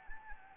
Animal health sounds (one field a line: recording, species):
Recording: mosquito wingbeat signal from an infrared sensor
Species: Anopheles gambiae